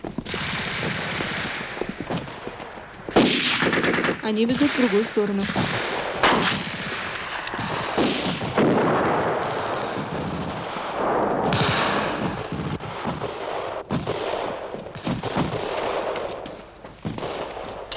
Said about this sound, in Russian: Партизаны подходят к комендатуре. По ним стреляют из окна.